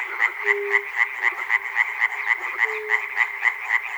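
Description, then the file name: Frogs calling in a dense chorus, short croaks pulsing about four times a second, with occasional steady low tones drawn out beneath. Frogs recorded at Chernobyl. "peter cusack-chernobyl frogs"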